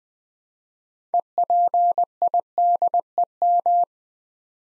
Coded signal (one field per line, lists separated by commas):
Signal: Morse code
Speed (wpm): 20 wpm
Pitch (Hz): 700 Hz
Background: none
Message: EPIDEM